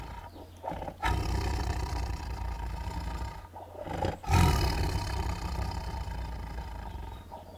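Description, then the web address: Tiger low raspy growling, sustained and rough, with brief pauses and a louder surge a little past the middle. Angry growls, raspy snores and snarls. "Sound Ideas Tigers Sound Effects"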